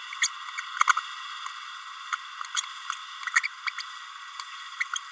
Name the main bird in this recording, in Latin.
Forpus passerinus